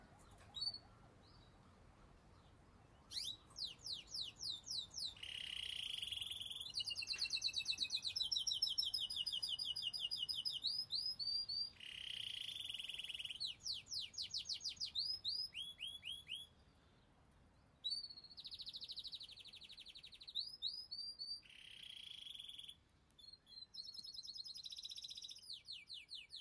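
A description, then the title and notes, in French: Birdsong recorded on a walk: after about three seconds of quiet, a bird sings bright, rapid trills and chirping phrases almost continuously, with brief pauses near 10, 17 and 23 seconds. A faint low rumble sits underneath throughout. Balade au rythme des chants d'oiseaux. Voici trois enregistrements de chants d’oiseaux, faits lors de différentes promenades.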